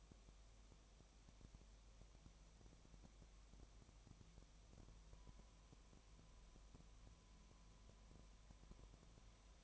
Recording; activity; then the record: daily activity, microphone in the room; no activity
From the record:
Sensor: 1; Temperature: 19.7 degrees Celsius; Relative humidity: 37.0%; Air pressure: 1007.2 hPa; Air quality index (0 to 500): 144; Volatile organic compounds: 5 ppm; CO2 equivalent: 1755 ppm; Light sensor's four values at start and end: 1/2/1/1 and 1/2/1/1